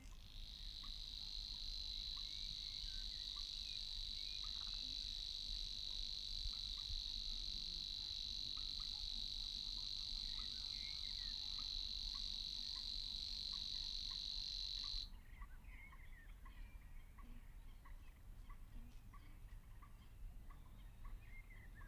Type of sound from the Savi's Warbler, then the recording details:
song. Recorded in the wild. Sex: male. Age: adult. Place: Kützerhof, Kummerower See, Mecklenburg-Vorpommern, DE. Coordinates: 53.8561, 12.8606. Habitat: wetland. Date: 2009-05-07 21:05. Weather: overcast, ca. 10°C, no wind. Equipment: Sound Devices 702, Sennheiser MKH 70, Rycote Windschutz. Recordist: Frommolt, Karl-Heinz